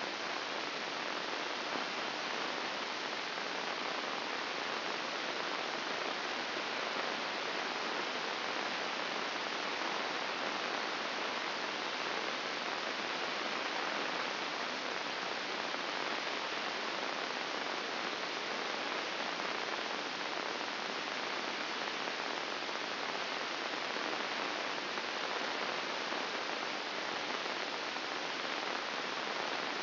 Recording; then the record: brain microelectrode recording played as sound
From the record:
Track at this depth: inside the subthalamic nucleus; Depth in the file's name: 6.261 mm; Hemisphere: left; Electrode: 2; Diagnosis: Parkinson's disease